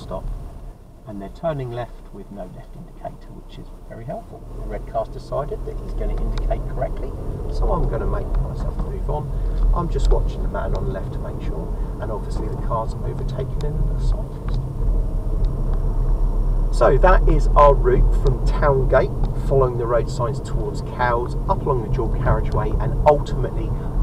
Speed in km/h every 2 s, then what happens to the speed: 10, 5, 6, 13, 19, 26, 27, 29, 31, 34, 32, 34.
3-24 speeds up to 34.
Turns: none.